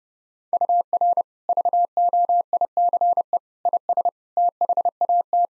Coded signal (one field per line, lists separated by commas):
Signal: Morse code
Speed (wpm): 32 wpm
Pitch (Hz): 700 Hz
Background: none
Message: UR VOICE IS THAT